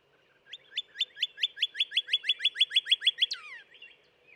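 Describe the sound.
Northern cardinal song: a long, rapid run of sharp whistled downslurs, ending in a falling trailing whistle.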